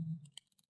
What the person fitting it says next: And you can hear that engagement, that's starting to click in. There's a click.